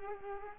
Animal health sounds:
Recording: mosquito wingbeat signal from an infrared sensor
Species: Culex quinquefasciatus

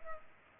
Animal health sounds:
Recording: mosquito wingbeat signal from an infrared sensor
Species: Culex pipiens

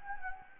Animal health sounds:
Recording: mosquito wingbeat signal from an infrared sensor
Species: Anopheles gambiae

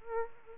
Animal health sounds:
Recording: mosquito wingbeat signal from an infrared sensor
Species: Aedes albopictus

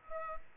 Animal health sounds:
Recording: mosquito wingbeat signal from an infrared sensor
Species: Aedes aegypti

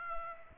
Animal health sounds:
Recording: mosquito wingbeat signal from an infrared sensor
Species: Aedes aegypti

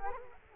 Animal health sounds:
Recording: mosquito wingbeat signal from an infrared sensor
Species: Culex quinquefasciatus

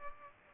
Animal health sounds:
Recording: mosquito wingbeat signal from an infrared sensor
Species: Culex pipiens

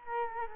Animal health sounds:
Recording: mosquito wingbeat signal from an infrared sensor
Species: Culex quinquefasciatus

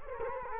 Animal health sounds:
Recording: mosquito wingbeat signal from an infrared sensor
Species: Culex quinquefasciatus

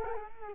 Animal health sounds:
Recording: mosquito wingbeat signal from an infrared sensor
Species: Culex quinquefasciatus

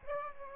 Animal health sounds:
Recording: mosquito wingbeat signal from an infrared sensor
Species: Aedes aegypti

